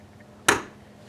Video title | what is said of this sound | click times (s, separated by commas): How To Install Blinds | and then we'll just push this down until it snaps in place, and | 0.5 s